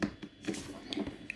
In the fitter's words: rotate that until it locks in place